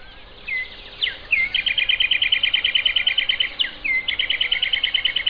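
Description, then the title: Bird song made of a few slurred introductory notes followed by a fast, even trill of repeated high notes, given twice, with a steady hiss behind. "LuckyPassaro Completos2Sama"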